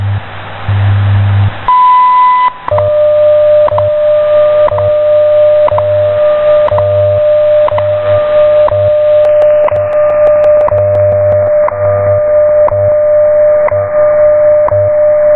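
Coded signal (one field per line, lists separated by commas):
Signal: radio time signal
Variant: WWV/WWVH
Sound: short 1 kHz beep, then steady lower tone with clicks every second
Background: radio static, low hum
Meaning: The 1000 Hz tone marks the start of a minute, followed by the 600 Hz standard audio tone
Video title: Very clear recording of WWVH/WWV time signal at 10000 kHz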